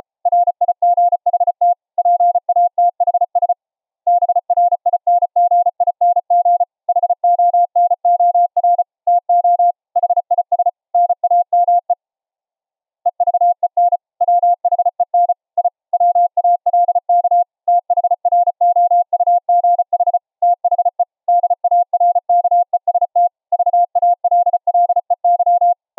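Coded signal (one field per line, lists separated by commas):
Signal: Morse code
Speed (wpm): 34 wpm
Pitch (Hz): 700 Hz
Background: none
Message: RIGHT PATHS BRINGING HONOR TO HIS NAME EVEN WHEN I WALK THROUGH THE DARKEST VALLEY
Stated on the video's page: 700 Hz ELF CW from a nearby transmitter, received 10 feet away on a resonance-tuned ferrite rod and bobbin-core antenna into headphones; full volume, no background noise.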